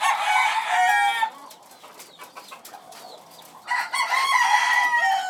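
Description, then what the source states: Chickens calling: a long, drawn-out crow-like call at the start, a quieter gap with soft clucks, then another sustained crow to the end. Chickens in a coop.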